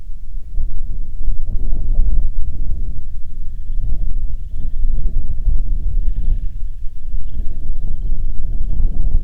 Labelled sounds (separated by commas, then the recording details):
songbird, wind, insects
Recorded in the Prudhoe Bay oil fields, Alaska, on 27 June 2019 at 00:12
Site 22